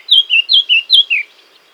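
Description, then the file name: Eurasian blackcap song, six evenly spaced whistled notes, each sliding downward, in a quick series. "Sylvia atricapilla"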